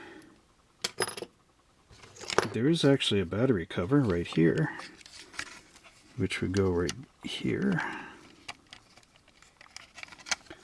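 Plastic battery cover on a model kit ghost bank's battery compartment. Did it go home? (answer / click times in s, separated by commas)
yes / 10.3 s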